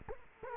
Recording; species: mosquito wingbeat signal from an infrared sensor; Culex quinquefasciatus